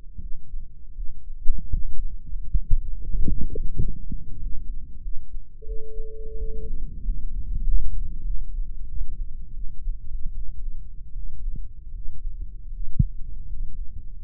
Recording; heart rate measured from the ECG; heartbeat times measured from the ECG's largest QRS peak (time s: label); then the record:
heart sounds by microphone in the right ear; 86 bpm
0.19 s: heartbeat
0.93 s: heartbeat
1.68 s: heartbeat
2.41 s: heartbeat
3.09 s: heartbeat
3.76 s: heartbeat
4.39 s: heartbeat
5.00 s: heartbeat
5.64 s: heartbeat
6.35 s: heartbeat
7.00 s: heartbeat
7.62 s: heartbeat
8.22 s: heartbeat
8.84 s: heartbeat
9.52 s: heartbeat
10.31 s: heartbeat
11.11 s: heartbeat
11.90 s: heartbeat
12.67 s: heartbeat
13.45 s: heartbeat
14.20 s: heartbeat
From the record:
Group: healthy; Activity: rest 0-5 s, Valsalva maneuver 5-14 s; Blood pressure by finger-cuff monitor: 122/91 mmHg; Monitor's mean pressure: 100 mmHg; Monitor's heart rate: 83 bpm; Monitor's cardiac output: 5.9 L/min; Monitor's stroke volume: 69 mL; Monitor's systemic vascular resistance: 1260 dyn s/cm5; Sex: male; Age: 21 years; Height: 180 cm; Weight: 67.5 kg